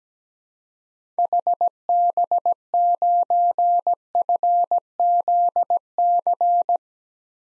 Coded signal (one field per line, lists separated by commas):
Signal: Morse code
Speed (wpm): 17 wpm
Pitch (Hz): 700 Hz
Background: none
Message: HB9FZC